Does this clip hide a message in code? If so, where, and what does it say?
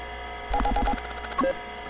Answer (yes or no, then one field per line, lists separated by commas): no